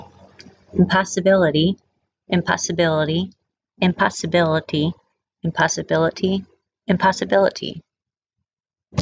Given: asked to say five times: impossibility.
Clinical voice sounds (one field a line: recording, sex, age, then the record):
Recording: repeated word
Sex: female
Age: 30 to 39 years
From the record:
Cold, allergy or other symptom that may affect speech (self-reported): no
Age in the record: 32 years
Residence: Pennsylvania, United States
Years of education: 12